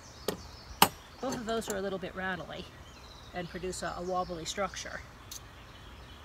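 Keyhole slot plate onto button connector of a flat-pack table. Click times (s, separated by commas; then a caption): 0.8 s. A keyhole slot plate on a flat-pack table's knock-down furniture joint drops over the buttons on a button connector plate and snaps into place, seated with a sharp knock at 0.8 s after a lighter tap at 0.3 s. Someone then talks.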